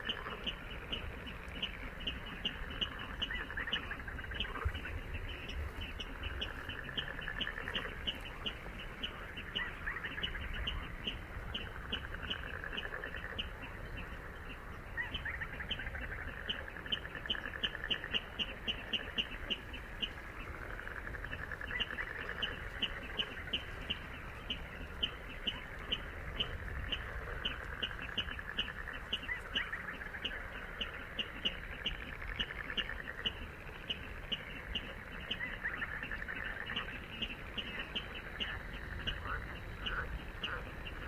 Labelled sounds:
Little Crake (Porzana parva) call

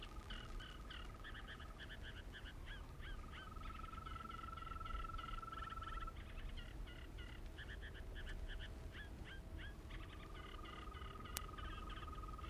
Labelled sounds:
Green Toad (Bufo viridis) call

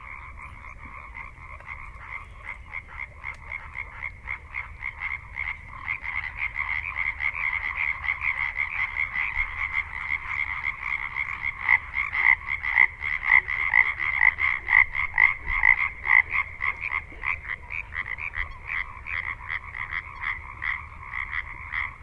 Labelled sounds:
Common Tree Frog (Hyla arborea) call

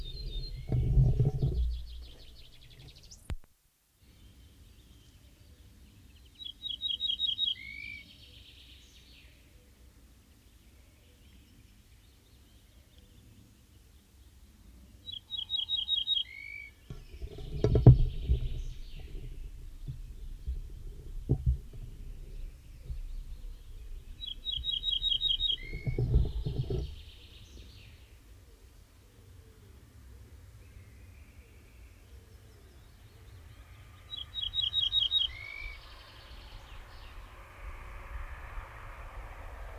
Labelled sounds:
Ortolan Bunting (Emberiza hortulana) song

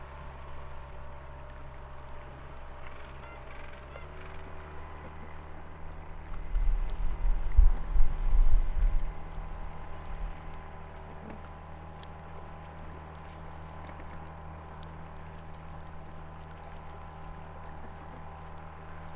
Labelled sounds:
Gentoo Penguin (Pygoscelis papua) call

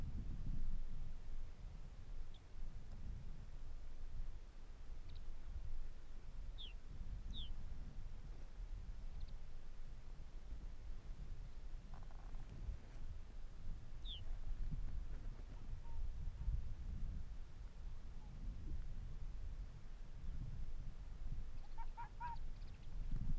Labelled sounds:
Arctic Fox (Vulpes lagopus)

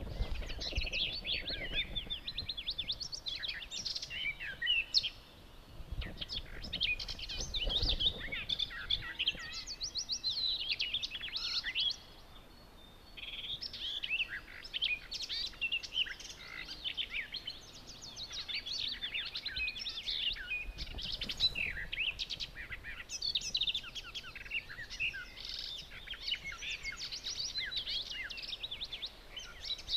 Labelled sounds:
Barred Warbler (Sylvia nisoria) song

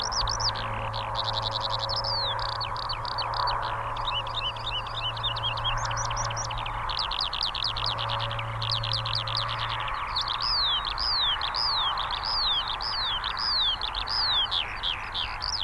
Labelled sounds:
Eurasian Skylark (Alauda arvensis) flight song

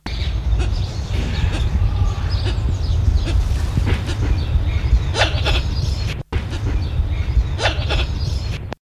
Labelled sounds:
Ross's Turaco (Musophaga rossae) call

